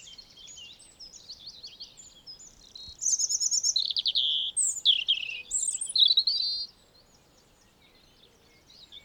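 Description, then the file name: European robin singing: a soft, faint warble, then a loud burst of sweet, high, fluty and trilled notes lasting a few seconds before falling quiet. "Erithacus rubecula"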